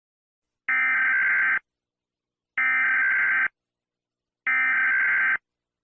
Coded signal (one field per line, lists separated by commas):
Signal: Emergency Alert System (SAME) tones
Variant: header bursts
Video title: EAS Scenario: The Air is Poison